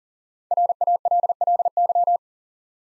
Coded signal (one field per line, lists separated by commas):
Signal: Morse code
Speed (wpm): 40 wpm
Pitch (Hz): 700 Hz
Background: none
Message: RALLY